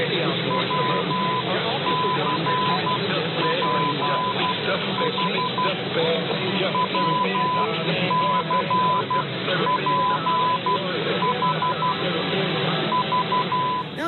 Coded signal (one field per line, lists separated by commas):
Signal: Morse code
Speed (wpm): 12 wpm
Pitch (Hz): 1000 Hz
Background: speech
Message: WCPH WCPH V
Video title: DX Central Live - S 2, Ep. 19 | Saturday, April 30, 2022 | SEASON FINALE! | WCGA-1100 DX Test